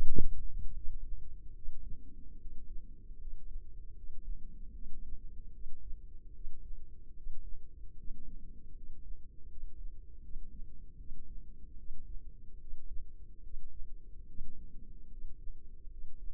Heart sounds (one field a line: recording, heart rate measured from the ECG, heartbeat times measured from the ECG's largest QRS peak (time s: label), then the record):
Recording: heart sounds by microphone in the left ear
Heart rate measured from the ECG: 75 bpm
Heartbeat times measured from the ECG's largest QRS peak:
0.71 s: heartbeat
1.51 s: heartbeat
2.36 s: heartbeat
3.16 s: heartbeat
3.93 s: heartbeat
4.71 s: heartbeat
5.50 s: heartbeat
6.30 s: heartbeat
7.12 s: heartbeat
7.94 s: heartbeat
8.72 s: heartbeat
9.47 s: heartbeat
10.20 s: heartbeat
10.95 s: heartbeat
11.75 s: heartbeat
12.57 s: heartbeat
13.40 s: heartbeat
14.24 s: heartbeat
15.08 s: heartbeat
15.88 s: heartbeat
From the record:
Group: healthy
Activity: rest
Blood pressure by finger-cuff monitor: 111/55 mmHg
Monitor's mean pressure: 70 mmHg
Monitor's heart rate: 74 bpm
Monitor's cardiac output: 6.1 L/min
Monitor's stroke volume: 80 mL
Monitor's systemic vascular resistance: 820 dyn s/cm5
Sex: female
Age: 32 years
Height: 168 cm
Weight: 61.9 kg